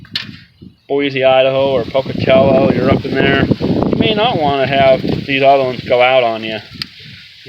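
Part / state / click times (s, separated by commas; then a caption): wiring harness connector onto ignition coil / seated / 6.8 s. A wiring harness electrical connector is pushed onto an ignition coil during a spark plug and coil replacement on a 2003 Toyota Camry that is running rough. Someone talks throughout, and a single sharp, short click is heard at 6.8 s as the connector seats.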